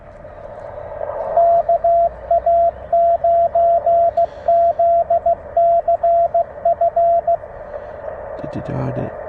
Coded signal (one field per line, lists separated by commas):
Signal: Morse code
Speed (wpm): 16 wpm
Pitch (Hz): 690 Hz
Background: speech, radio noise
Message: KA9ZCF